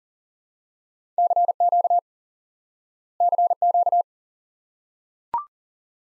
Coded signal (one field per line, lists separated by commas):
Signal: Morse code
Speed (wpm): 43 wpm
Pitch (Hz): 700 Hz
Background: none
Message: CQ CQ